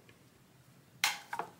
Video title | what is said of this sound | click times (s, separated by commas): Type 81 Charging Handle Extension Overview | taking it off, it even kind of clicks off. | 1.0 s